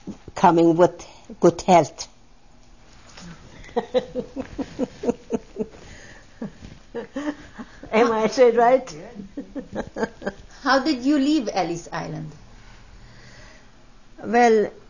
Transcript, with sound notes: coming with good health. ( she laughs ) Am I saying it right?
How did you leave Ellis Island?
Well,